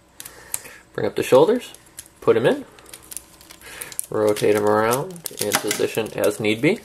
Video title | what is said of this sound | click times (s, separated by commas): Transformers Botcon 2010 G2 Redux Sharkticon | The entire front of the ship shark folds down, locks into place. | 0.5 s